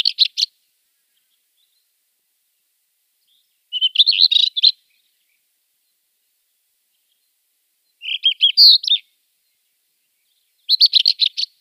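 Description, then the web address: Rufous-tailed scrub robin song: short, high, varied warbled phrases with quick clear notes, delivered every few seconds with silent pauses between, no other sounds. "Schulze Peter Rufous-tailed Scrub-Robin song"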